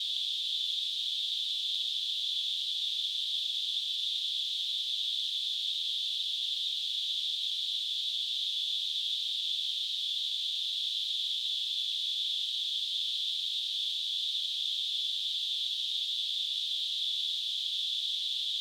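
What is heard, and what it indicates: Tinnitus: a steady, unbroken high-pitched hiss, a narrow band of noise centred around 3 to 4 kHz that holds constant throughout.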